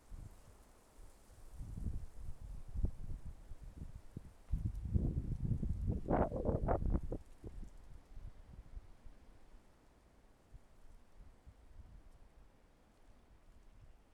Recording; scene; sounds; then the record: everyday scene through a hearing-aid microphone; wind on the microphone; wind, traffic, birds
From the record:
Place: suburban garden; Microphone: behind the ear, left, rear